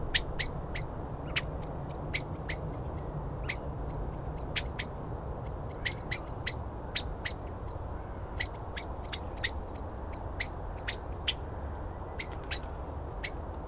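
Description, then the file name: Common blackbird calls: persistent sharp 'chink' notes at short, uneven intervals, some doubled, with a low hum underneath. "Turdus merula"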